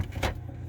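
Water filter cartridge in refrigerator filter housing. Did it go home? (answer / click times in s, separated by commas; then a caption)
no / none. A stuck water filter cartridge in a Frigidaire refrigerator's filter housing is pressed in to release it, giving a short, dull push sound at about 0.2–0.3 s over a low steady hum. The filter does not click, so nothing has released or popped out, and it stays stuck.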